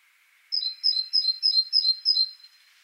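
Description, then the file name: Great tit giving six clear two-note 'tea-cher' phrases in a steady, evenly spaced series, with a faint lower hiss beneath. "Parus major"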